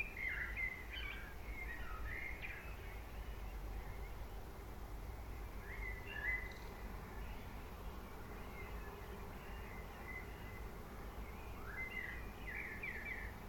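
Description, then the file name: Common blackbird giving scattered warbled phrases, spaced a few seconds apart, against a steady low rumble. "Turdus merula"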